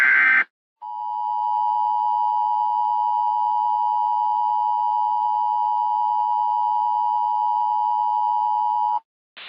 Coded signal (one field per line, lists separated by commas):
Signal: Emergency Alert System (SAME) tones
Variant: 853 and 960 Hz attention tone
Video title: "COASTAL CHAOS" - EAS Scenario